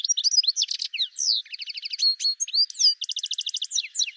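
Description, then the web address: Bird song of fast, varied high chirps and sweeping whistles mixed with rapid buzzy trilled runs, continuous throughout. "cianscape birddata Deverinetal 2025 Bird Ca Ca Ca Ca"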